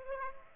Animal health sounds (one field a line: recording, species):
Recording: mosquito wingbeat signal from an infrared sensor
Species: Aedes aegypti